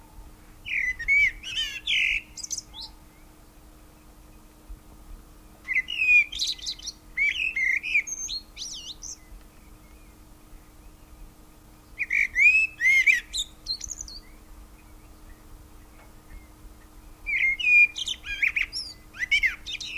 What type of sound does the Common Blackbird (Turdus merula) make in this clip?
song